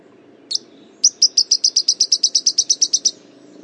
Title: LuckyPassaro Completos2Sama. Yellow-lored Tody-Flycatcher (Todirostrum poliocephalum)